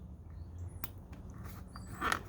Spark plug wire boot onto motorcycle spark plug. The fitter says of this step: feed that down to the spark plug and just listen for the snap